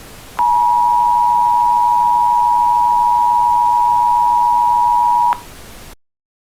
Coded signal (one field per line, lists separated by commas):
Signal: Emergency Alert System (SAME) tones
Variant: 853 and 960 Hz attention tone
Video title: i uploaded my old unfinished eas scenario from 2 years ago because bored